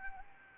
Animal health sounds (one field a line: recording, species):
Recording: mosquito wingbeat signal from an infrared sensor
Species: Anopheles arabiensis